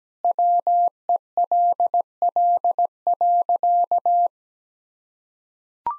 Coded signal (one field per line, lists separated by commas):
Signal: Morse code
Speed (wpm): 17 wpm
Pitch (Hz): 700 Hz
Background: none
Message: WELL.